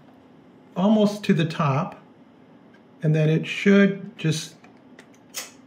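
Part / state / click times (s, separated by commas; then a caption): battery pack into camcorder battery mount / seated / 5.0 s, 5.1 s. A battery pack is slid onto the rear battery mount of a Sony FDR-AX53 camcorder, lined up with the pins and notches and pushed until it locks, while someone talks. Two quick clicks come at 5.0 s and 5.1 s as the battery seats and locks into place.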